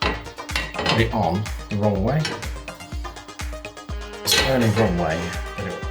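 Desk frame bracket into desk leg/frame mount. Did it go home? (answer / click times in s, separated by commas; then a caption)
no / none. A desk frame bracket that only fits one way is handled against its desk leg/frame mount, with a few brief handling knocks over background music while someone talks. The clip ends before the part goes home, so nothing has seated or locked into place yet.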